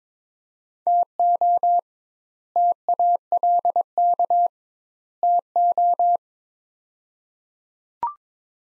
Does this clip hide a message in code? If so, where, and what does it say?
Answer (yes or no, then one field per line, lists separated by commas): yes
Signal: Morse code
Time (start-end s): 0.9-6.2 s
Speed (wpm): 22 wpm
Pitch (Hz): 700 Hz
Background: none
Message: TO TALK TO